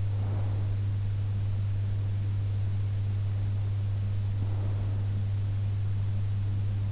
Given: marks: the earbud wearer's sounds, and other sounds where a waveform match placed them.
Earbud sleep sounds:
sounds in sleep by an in-ear microphone; breath
0.00-0.87 s: breath
4.33-5.29 s: breath

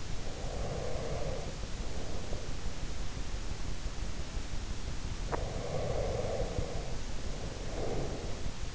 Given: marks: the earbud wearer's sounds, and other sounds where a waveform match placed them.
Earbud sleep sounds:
sounds in sleep by an in-ear microphone; breath
0.17-2.94 s: breath
5.20-8.75 s: breath

